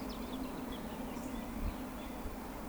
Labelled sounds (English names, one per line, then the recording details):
Eurasian Woodcock whistle
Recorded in Baden-Württemberg, Germany, on 13 June 2020 at 19:38 UTC
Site 14569, 102 m above sea level